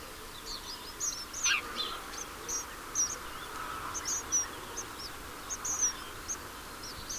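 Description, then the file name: House sparrow chirping, brief bright notes scattered unevenly throughout, with constant low background noise. "Passer domesticus"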